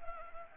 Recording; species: mosquito wingbeat signal from an infrared sensor; Anopheles gambiae